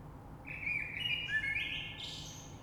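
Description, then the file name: Common blackbird song: a single smooth fluted phrase sliding slightly downward, then a higher scratchy twitter at the end. Recorded 3 March 2020. "Rush Merle"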